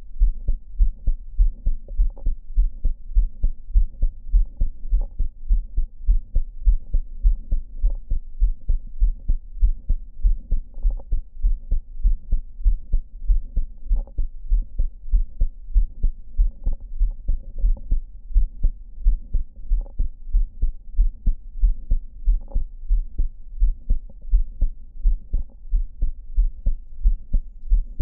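Adult heart by stethoscope at Botkin's point, patient lying. Mitral valve prolapse: a crescendo systolic murmur that quickly disappears; then on inspiration multiple dry sounds unrelated to the cardiac cycle, probably extracardiac, a rare auscultatory phenomenon. Echocardiography hours earlier missed the prolapse; repeat echocardiography confirmed it.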